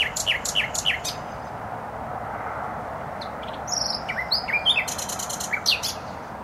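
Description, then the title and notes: Nightingale song of quick repeated descending notes, a pause, then whistles and a rattling trill, with traffic roaring throughout. Singing in bushes close to a noisy motorway, Trasa Toruńska, Bródno-Podgrodzie, Warsaw, Poland; recorded with an Olympus LS-11. "Bródno-Podgrodzie, Warszawa, Polska - Trasa Toruńska Nightingale. Recording nightingale singing in bushes close to noisy motorway"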